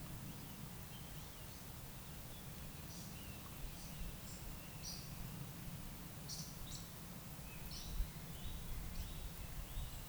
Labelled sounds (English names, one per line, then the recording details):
Eurasian Woodcock
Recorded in Baden-Württemberg, Germany, on 11 June 2021 at 19:36 UTC
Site 45520, 595 m above sea level